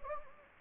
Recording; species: mosquito wingbeat signal from an infrared sensor; Anopheles gambiae